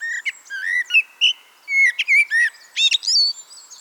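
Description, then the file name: Eurasian blackbird song: a run of fluted whistled notes, some rising and some falling, in short bursts with brief pauses between them, ending in squeaky high twitters. "Turdus merula"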